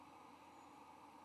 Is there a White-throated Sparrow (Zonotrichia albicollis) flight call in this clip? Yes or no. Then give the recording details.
no. No flight call is heard. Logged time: 00:16 on 22 November 2014